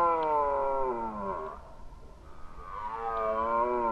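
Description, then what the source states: Red deer roaring twice, long harmonic bellows, the first sliding downward in pitch, separated by a short quiet gap. Red deer roaring during the rut, 2011.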